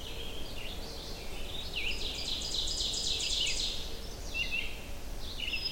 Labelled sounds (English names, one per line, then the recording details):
Ovenbird song
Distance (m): 40 m
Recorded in boreal forest in Alberta, Canada, on 25 June 2016 at 06:36
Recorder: SongMeter 3, array SBT-6-76
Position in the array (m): 34 m, 104 m
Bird 2